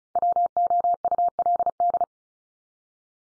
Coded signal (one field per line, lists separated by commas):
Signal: Morse code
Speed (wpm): 34 wpm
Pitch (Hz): 700 Hz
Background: none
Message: WOULD